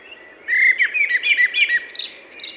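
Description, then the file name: Common blackbird singing one phrase: a run of mellow, fluting notes that breaks into a thin, high twittering flourish at the end. "Turdus merula"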